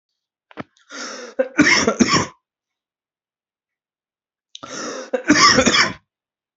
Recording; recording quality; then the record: heavy voluntary cough; excellent, no background noise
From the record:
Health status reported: healthy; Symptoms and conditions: cough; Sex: male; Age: 18 years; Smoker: not ticked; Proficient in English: yes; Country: India